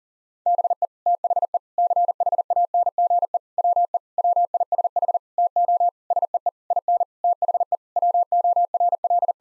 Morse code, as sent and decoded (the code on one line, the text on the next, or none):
-... . / - .... . / -.-. .... .- -. --. . / .-- . / .-- .. ... .... / - --- / ... . . / .. -. / - .... . / .-- --- .-. .-..
BE THE CHANGE WE WISH TO SEE IN THE WORL